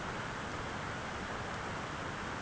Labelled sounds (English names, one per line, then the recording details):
none
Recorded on Arctic tundra, site ZACK-1, on 13 June 2019
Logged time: 03:49